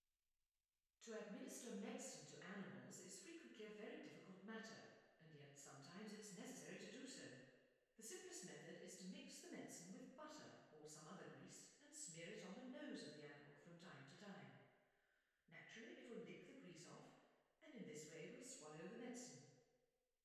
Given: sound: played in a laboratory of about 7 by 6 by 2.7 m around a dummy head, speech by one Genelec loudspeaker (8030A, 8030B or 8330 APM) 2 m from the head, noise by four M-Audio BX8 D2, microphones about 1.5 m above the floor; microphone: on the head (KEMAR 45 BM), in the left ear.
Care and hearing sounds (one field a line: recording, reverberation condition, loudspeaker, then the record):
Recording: female speech in English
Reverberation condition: high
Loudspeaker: 90 degrees to the right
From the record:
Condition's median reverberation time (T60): about 1300 ms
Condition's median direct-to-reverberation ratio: about -4.0 dB